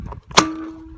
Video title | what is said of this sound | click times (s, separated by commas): How to install roof cross bars | the cover. It just snaps back in again. | 0.4 s